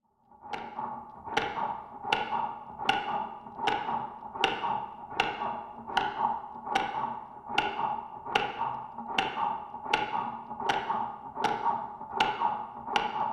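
Simulated heartbeat from a heart simulator: sharp, clicking beats repeating at about 79 per minute over a steady midrange hum.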